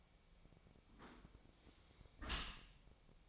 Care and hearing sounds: daily activity, microphone in the room; close dishwasher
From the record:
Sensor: 1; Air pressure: 1003.1 hPa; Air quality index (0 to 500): 196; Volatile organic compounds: 6 ppm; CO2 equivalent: 1878 ppm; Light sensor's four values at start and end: 19/46/19/23 and 19/46/19/23

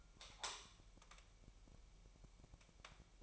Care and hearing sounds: daily activity, microphone in the room; light on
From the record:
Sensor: 1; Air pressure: 1001.9 hPa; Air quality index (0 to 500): 249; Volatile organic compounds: 54 ppm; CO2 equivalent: 3345 ppm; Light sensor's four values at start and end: 5/11/4/5 and 9/28/10/12

